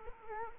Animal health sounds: mosquito wingbeat signal from an infrared sensor; Culex quinquefasciatus

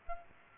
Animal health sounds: mosquito wingbeat signal from an infrared sensor; Aedes aegypti

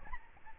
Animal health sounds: mosquito wingbeat signal from an infrared sensor; Aedes albopictus

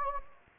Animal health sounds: mosquito wingbeat signal from an infrared sensor; Anopheles gambiae

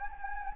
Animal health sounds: mosquito wingbeat signal from an infrared sensor; Anopheles gambiae

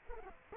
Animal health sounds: mosquito wingbeat signal from an infrared sensor; Culex pipiens

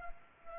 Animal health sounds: mosquito wingbeat signal from an infrared sensor; Culex pipiens

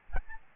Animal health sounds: mosquito wingbeat signal from an infrared sensor; Aedes albopictus

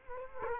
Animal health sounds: mosquito wingbeat signal from an infrared sensor; Culex quinquefasciatus

